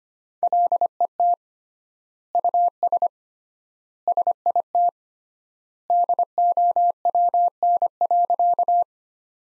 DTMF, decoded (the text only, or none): none